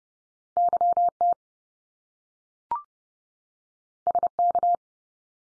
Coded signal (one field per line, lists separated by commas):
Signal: Morse code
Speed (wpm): 30 wpm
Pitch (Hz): 700 Hz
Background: none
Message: YT SK